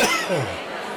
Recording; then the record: coughing mixed with background sound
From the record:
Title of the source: Dry Afternoon Cough